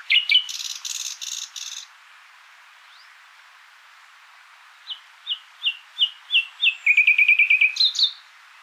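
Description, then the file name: Common nightingale song: a harsh buzzy rattle, a silent gap, then a crescendo of repeated notes running into a rapid trill and a final chirp. "Luscinia megarhynchos"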